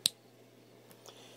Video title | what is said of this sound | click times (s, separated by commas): SDCC 2011 EXCLUSIVE LION-O | this again pops right off | 0.1 s